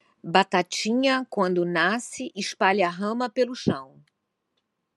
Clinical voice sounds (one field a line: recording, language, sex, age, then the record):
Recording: short text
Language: Brazilian Portuguese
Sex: female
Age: 60 to 69 years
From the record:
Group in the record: control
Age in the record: 61 years